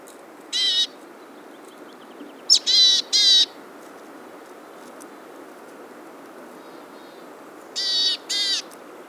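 Bird giving scattered, short, harsh harmonic notes, first singly, then a pair, and a final pair after a long pause, over a constant background hiss.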